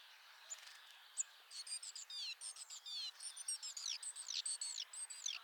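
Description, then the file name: Great tit calls: a quick, steady run of high, sweeping chirps lasting several seconds. "Parus major"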